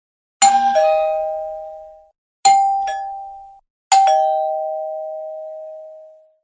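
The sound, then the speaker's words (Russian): A woman firmly presses a doorbell button; it rings three times, each press a bright two-note ding-dong chime with a sharp strike and a long, ringing fade, heard alone with no talking. “Она решительно утопила кнопку звонка.”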